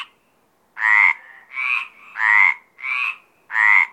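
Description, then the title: Mediterranean tree frog croaking: after a short silence, five drawn-out, nasal, harmonic croaks repeat roughly every seven tenths of a second, each with a slight upward slur. Mediterranean tree frogs calling at Apt, Vaucluse, in April 2010. "Sylvain Jaskowiak - Animus. Rainettes méridionales - Apt, Vaucluse - avril 2010"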